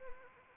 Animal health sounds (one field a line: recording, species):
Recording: mosquito wingbeat signal from an infrared sensor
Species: Anopheles arabiensis